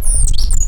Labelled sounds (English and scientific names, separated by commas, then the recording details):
Stitchbird (Notiomystis cincta) song
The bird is a male
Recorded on Tiritiri Matangi Island, New Zealand, in 2005
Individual 2, of nest box 2